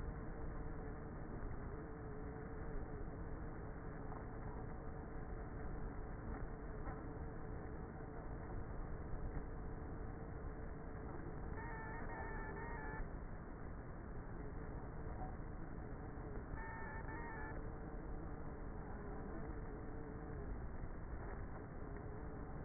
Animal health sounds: honeybee colony, microphone inside the hive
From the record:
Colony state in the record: queenless with a low population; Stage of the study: before two queens were removed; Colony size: about 30,000 bees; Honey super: no

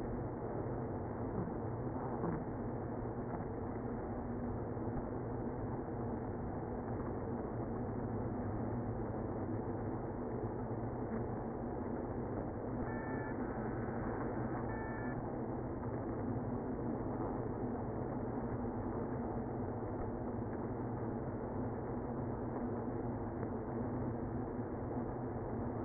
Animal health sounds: honeybee colony, microphone inside the hive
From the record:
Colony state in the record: queenless (queen removed); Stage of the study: after two queens were removed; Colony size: about 60,000 bees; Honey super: yes

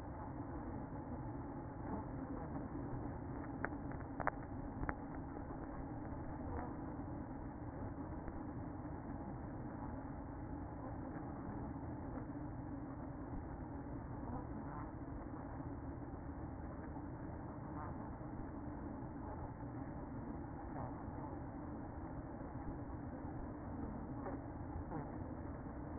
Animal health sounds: honeybee colony, microphone inside the hive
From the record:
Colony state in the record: queen present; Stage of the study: after two queens were removed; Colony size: about 60,000 bees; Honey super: yes

